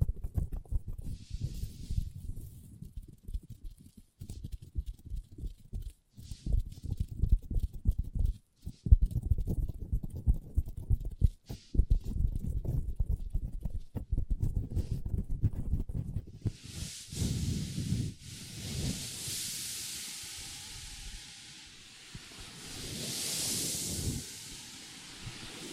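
Long nails tap and scratch on a table in quick, uneven bursts of low knocks with short pauses for the first sixteen seconds. After that the tapping gives way to a steadier, brighter hiss of scratching that swells and fades, with occasional soft taps underneath.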